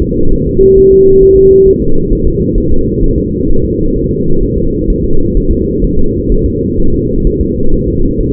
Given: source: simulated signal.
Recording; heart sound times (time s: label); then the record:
fetal heart sounds
0.02 s: S2
0.33 s: S1
0.47 s: S2
0.78 s: S1
0.92 s: S2
1.23 s: S1
1.37 s: S2
1.68 s: S1
1.82 s: S2
2.13 s: S1
2.27 s: S2
2.58 s: S1
2.72 s: S2
3.03 s: S1
3.18 s: S2
3.50 s: S1
3.64 s: S2
3.96 s: S1
4.11 s: S2
4.43 s: S1
4.57 s: S2
4.90 s: S1
5.04 s: S2
5.37 s: S1
5.51 s: S2
5.84 s: S1
5.99 s: S2
6.32 s: S1
6.46 s: S2
6.80 s: S1
6.94 s: S2
7.27 s: S1
7.41 s: S2
7.74 s: S1
7.88 s: S2
8.21 s: S1
From the record:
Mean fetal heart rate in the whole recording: 130 bpm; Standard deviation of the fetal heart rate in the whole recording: 4 bpm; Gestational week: 38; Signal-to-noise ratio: -19.1 dB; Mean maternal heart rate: 72 bpm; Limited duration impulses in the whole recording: present